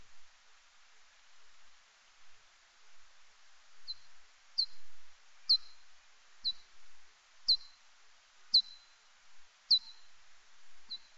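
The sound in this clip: Little forest bat echolocation calls: a string of brief downward chirps that start faintly and grow louder, spaced about one second apart, with little else audible.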